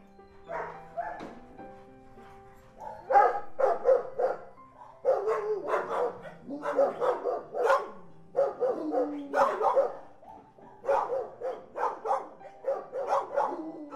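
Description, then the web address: Dog barking in irregular bursts. Recorded inside a dog boarding house. "sound dog-boarding-house. صدای-فضای-داخلی-پانسیون-سگها"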